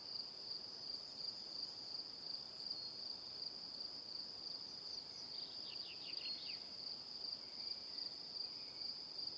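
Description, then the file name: Crickets keep a shrill, evenly pulsing chorus, and midway a short cascade of rapid descending notes is heard above them. "Calm - Evening Crickets"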